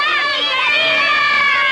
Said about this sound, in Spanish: Dueños del barco, los niños se pusieron a gritar vivas a su nuevo capitán.